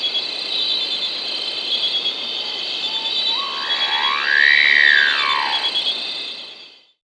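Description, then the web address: Wattled guan giving one loud arching call that rises and then falls, over a steady high insect-like buzz throughout. South America. "S America Wattled Guan (Aburria Aburria)"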